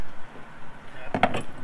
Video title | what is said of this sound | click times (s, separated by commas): How to buy and deploy a whisker pole? | that's an easy fitting and then the toggle knuckle just clicks right in here | 1.1 s, 1.2 s